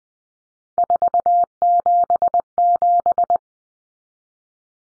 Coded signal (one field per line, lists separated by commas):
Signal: Morse code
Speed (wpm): 20 wpm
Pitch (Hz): 700 Hz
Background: none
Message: 477